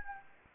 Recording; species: mosquito wingbeat signal from an infrared sensor; Anopheles gambiae